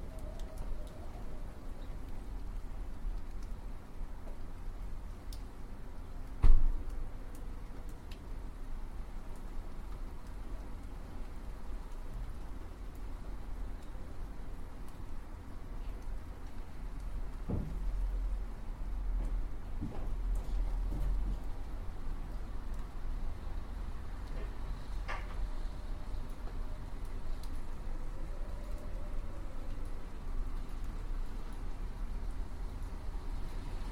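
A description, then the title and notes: Wind blows steadily with a deep, low rumble that barely changes across the clip. A sharp knock stands out near 6 seconds, a few soft clicks follow around 17 to 21 seconds, and faint thin whistles rise and fade now and then. Howling Winds. This immersive audio track captures the eerie and haunting sound of winds as they blow through trees, buildings, and across landscapes.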